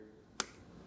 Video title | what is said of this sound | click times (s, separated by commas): Lew's Baitcaster Braking Systems - How they Work! | and you hear it click | 0.4 s